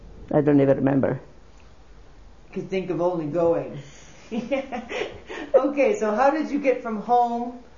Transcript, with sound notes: I don't even remember.
You can think of all the ( she laughs ) Okay. So how did you get from home?